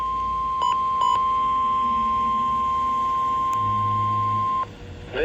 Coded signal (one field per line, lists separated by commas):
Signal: Emergency Alert System (SAME) tones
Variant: 1050 Hz attention tone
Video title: WWF75 Required Weekly Test. 9/10/25 EAS #490